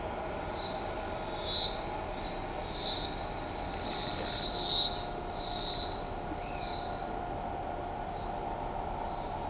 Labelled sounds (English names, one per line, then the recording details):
Pale-eyed Pygmy Tyrant
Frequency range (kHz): Pale-eyed Pygmy Tyrant 1.7-8.0 kHz
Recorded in shrubland near Pivijay, Magdalena, Colombia, on 18 April 2023 at 14:00
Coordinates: 10.453, -74.365
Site P5-G022